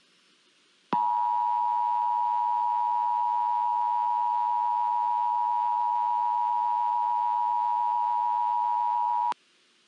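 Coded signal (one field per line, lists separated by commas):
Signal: Emergency Alert System (SAME) tones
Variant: 853 and 960 Hz attention tone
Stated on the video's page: Fictional EAS scenario, a simulated fire storm alert.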